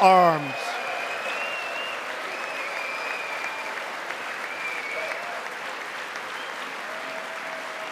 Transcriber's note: applause